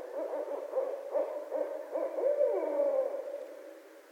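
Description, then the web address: Barred owl giving a steady run of deep hoots, ending in a longer slurred hoot that fades away. Recorded 26 February 2012. "Barred Owl 2012 02 26 Barred Owl"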